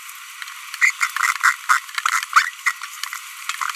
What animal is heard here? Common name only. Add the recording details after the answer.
Green-rumped Parrotlet. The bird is a female. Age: 23 days. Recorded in a nest box in Venezuela. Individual 17B42B2